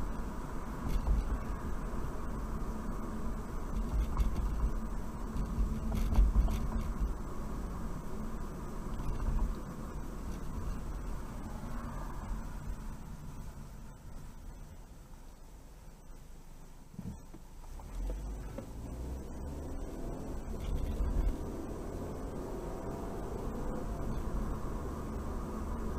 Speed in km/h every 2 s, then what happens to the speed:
47, 45, 44, 40, 37, 27, 18, 0, 0, 8, 24, 39, 44.
0-14 slows to 0. 14-17 standing. 17-26 pulls away to 44.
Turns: none.